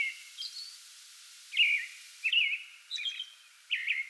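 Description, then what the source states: American robin singing several short whistled phrases separated by brief pauses. Singing pre-dawn from a small tree in a front yard, 2022-05-08.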